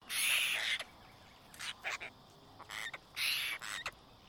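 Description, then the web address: Apostlebird giving harsh, grating calls in broad noisy bursts: a long rasp at the start, then several shorter scratchy notes, another long rasp and a final short note. "Sound Effects-Foundation. BIRD APOSTLE BIRD CALL"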